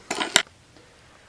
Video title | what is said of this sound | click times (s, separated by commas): Cowboy CB3200 Leather Sewing Machine Saddle and Harness Stitcher | and it should click in like that. | 0.4 s